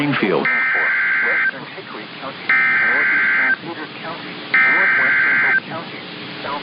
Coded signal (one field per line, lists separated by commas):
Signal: Emergency Alert System (SAME) tones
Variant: header bursts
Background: speech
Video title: The Madness of Storms part 4 -- eas alerts from march and april (eas #109 - #123)